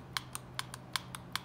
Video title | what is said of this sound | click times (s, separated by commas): Jeep Gladiator 2021 Mopar Electronic Brake Controller Stuck Manual Mode Button | it clicks like it's supposed to | 0.2 s, 0.3 s, 0.6 s, 1.0 s, 1.1 s, 1.4 s